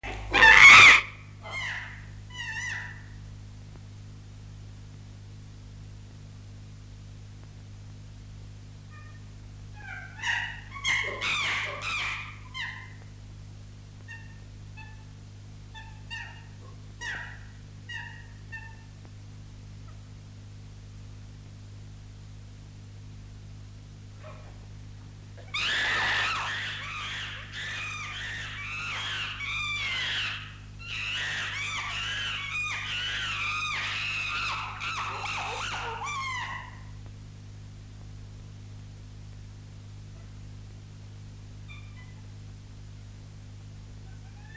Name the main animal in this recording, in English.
Chimpanzee